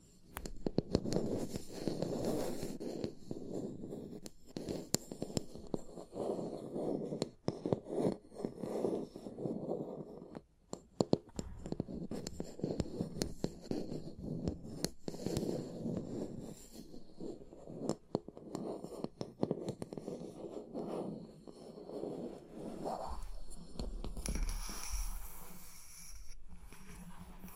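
Tapping and scratching fill the recording, with a dense low-to-mid rustle running throughout and many sharp taps scattered irregularly on top. A brief quiet dip comes near ten seconds, and around twenty-four seconds the sound turns hissier and brighter before easing.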